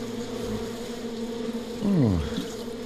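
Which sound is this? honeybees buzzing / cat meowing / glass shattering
honeybees buzzing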